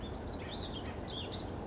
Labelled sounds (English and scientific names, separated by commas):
Western Flycatcher (Empidonax difficilis)